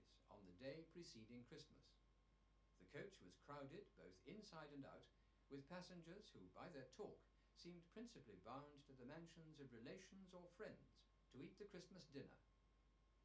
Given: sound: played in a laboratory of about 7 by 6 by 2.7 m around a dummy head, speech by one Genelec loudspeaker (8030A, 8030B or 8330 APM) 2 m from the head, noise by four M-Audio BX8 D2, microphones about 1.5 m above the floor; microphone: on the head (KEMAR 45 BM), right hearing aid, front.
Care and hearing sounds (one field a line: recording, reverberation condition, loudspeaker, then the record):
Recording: male speech in English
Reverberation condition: low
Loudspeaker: behind (180 degrees)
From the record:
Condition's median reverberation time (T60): about 310 ms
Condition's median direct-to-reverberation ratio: about 3.5 dB